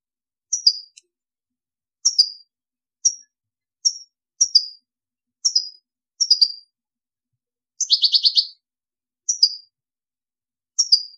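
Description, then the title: European goldfinch song: short high downslurred notes repeated roughly once a second, with one brief buzzy rattling burst among them. "Chant Chardonneret"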